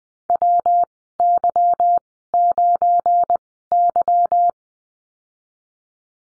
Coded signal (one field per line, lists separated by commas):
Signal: Morse code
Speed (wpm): 20 wpm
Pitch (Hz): 700 Hz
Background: none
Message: WY9Y